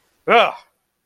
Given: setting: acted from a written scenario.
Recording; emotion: vocal sound without words; disgust